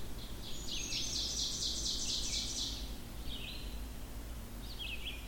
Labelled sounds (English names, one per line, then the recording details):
Ovenbird song
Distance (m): 55 m
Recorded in boreal forest in Alberta, Canada, on 16 June 2016 at 06:00
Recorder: SongMeter 3, array SBT-3-32
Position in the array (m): 89 m, 24 m
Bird 36